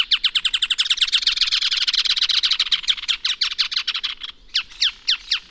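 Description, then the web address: Striated softtail giving a fast, dense series of sharp, high downslurred notes that blur into a rattling trill, then slow to separate, spaced chips toward the end. Male bird. "sound Striated-softtail. دانلود-صدای-پرنده-نر-دم-راه-راه"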